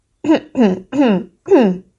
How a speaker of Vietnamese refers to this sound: Địch Khương và Thư Hương cùng ho hắng vài tiếng.